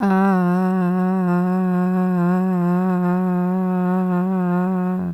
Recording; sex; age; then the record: sustained vowel /a/; female; 40 to 49 years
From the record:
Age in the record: 43 years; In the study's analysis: excluded